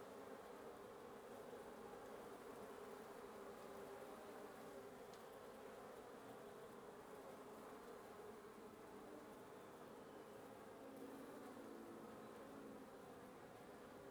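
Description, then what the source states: Wasps humming continuously, a dense low buzz with one short tick near five seconds. Wasp nest under the roof of a residence in Antigua Guatemala, Guatemala, recorded in the morning; headphone listening recommended.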